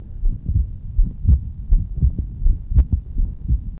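Low-pitched heartbeats recur at about 80 a minute, with a continuous rumbling murmur filling the gaps between beats. This is the murmur of a patent ductus arteriosus, the persistent vessel linking aorta and pulmonary artery.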